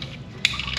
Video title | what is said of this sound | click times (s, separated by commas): CUSTOMER STATES CAR STALLED AND WON'T RESTART! HOW TO REPLACE AN ALTERNATOR ON A TOYOTA COROLLA 1.8L | make sure our little plastic holder retainer Clips in there | 0.5 s